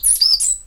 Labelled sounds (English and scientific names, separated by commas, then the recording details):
Stitchbird (Notiomystis cincta) song
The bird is a male
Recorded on Tiritiri Matangi Island, New Zealand, in 2005
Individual 19, of nest box 27